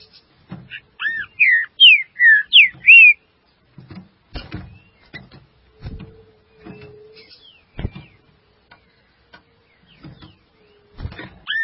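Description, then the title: Green-winged saltator: an emphatic phrase of slurred whistles in the first three seconds, then repeated sharp knocks and a faint hum, with one whistle at the end. "Trinca Ferro"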